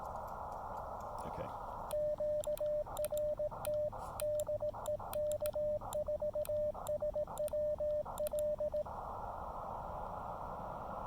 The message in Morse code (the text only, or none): QRT DE K4SWL